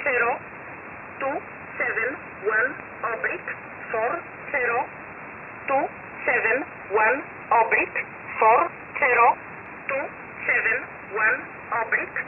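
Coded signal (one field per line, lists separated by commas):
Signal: numbers station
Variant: E11 Oblique, English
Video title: 10 11 2021 Number station E11 Oblique in English to Eu 0930 on 7469 unknown tx site in USB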